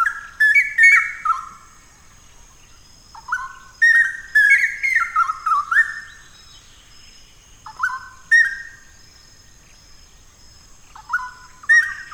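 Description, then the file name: Straw-headed bulbul singing loud, bubbling warbled phrases that rise and fall, delivered in bursts every few seconds, with a steady high-pitched tone running underneath. "Cucak Rawa"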